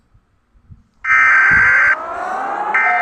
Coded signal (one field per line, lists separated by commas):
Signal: Emergency Alert System (SAME) tones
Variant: header bursts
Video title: eas scenario catemojibabyheat part 170 hal as godzilla